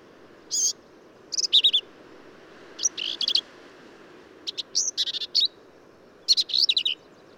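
Black-capped vireo delivering varied high phrases, clipped whistles mixed with scratchy chatter, in quick succession with brief gaps.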